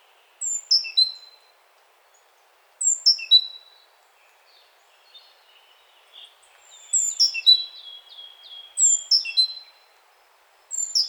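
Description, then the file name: Great tit calls: clusters of high falling notes repeating, with a run of quick evenly spaced notes later on. "Parus major"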